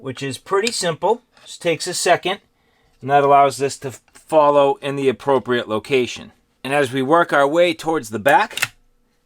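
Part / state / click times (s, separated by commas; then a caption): shotgun barrel into receiver / not seated / none. During reassembly of a Mossberg 590 shotgun, the barrel is slid back onto the receiver with the ejector lined up in its groove while someone talks. The barrel has not yet gone home, and nothing has seated or clicked in this clip.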